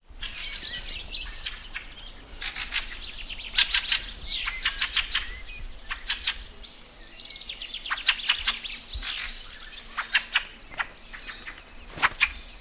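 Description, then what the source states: Fieldfare calls: harsh, rasping chattering bursts mixed with squeaky, creaky notes, coming in irregular clusters throughout. Recorded in spring.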